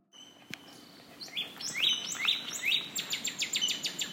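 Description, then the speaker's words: Northern Cardinal song: clear, steeply sweeping whistled notes repeated about every half second, then quickening into a faster run. "So let's take a moment to listen for a cardinal."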